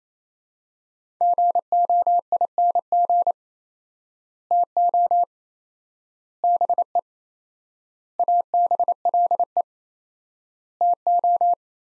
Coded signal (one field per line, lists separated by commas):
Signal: Morse code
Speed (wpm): 28 wpm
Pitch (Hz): 700 Hz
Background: none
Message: GOING TO BE ABLE TO